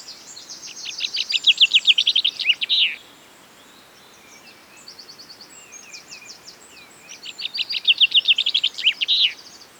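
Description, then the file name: Common chaffinch song, two bright descending rattling phrases about seven seconds apart, each ending in a flourish, with softer chirps between over faint background hiss. "Fringilla coelebs"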